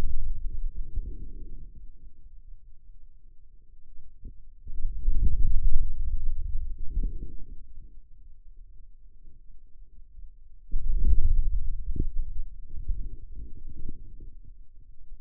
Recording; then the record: forearm muscle sounds (acoustic myography)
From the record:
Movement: hand closing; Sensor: system 2, bracelet of six BSWA MPA416 microphones around the upper forearm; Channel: 6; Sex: male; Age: 22 years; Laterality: right